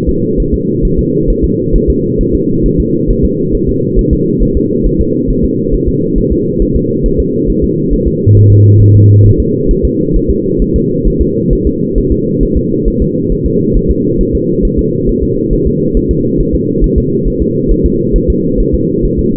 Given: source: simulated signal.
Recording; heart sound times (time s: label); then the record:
fetal heart sounds
0.09 s: S2
0.40 s: S1
0.54 s: S2
0.85 s: S1
0.99 s: S2
1.30 s: S1
1.44 s: S2
1.75 s: S1
1.90 s: S2
2.21 s: S1
2.35 s: S2
2.66 s: S1
2.80 s: S2
3.10 s: S1
3.25 s: S2
3.55 s: S1
3.69 s: S2
3.99 s: S1
4.13 s: S2
4.43 s: S1
4.57 s: S2
4.86 s: S1
5.01 s: S2
5.30 s: S1
5.44 s: S2
5.74 s: S1
5.88 s: S2
6.18 s: S1
6.32 s: S2
6.62 s: S1
6.76 s: S2
7.06 s: S1
7.20 s: S2
7.50 s: S1
7.64 s: S2
7.93 s: S1
8.08 s: S2
8.37 s: S1
8.51 s: S2
8.82 s: S1
8.96 s: S2
9.26 s: S1
9.40 s: S2
9.71 s: S1
9.85 s: S2
10.16 s: S1
10.31 s: S2
10.62 s: S1
10.76 s: S2
11.07 s: S1
11.22 s: S2
11.53 s: S1
11.67 s: S2
11.98 s: S1
12.12 s: S2
12.43 s: S1
12.57 s: S2
12.88 s: S1
13.02 s: S2
13.32 s: S1
13.46 s: S2
13.76 s: S1
13.91 s: S2
14.21 s: S1
14.35 s: S2
14.65 s: S1
14.79 s: S2
15.09 s: S1
15.23 s: S2
15.53 s: S1
15.67 s: S2
15.97 s: S1
16.11 s: S2
16.40 s: S1
16.55 s: S2
16.84 s: S1
16.98 s: S2
17.28 s: S1
17.42 s: S2
17.71 s: S1
17.86 s: S2
18.16 s: S1
18.30 s: S2
18.60 s: S1
18.75 s: S2
19.05 s: S1
19.19 s: S2
From the record:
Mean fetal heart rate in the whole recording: 135 bpm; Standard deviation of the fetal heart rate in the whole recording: 3 bpm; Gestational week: 36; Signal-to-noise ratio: -11.2 dB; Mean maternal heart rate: 72 bpm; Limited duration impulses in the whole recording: present